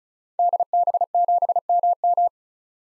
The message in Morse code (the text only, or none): DB7MM